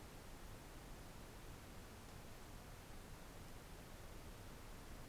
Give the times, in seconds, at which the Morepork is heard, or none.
none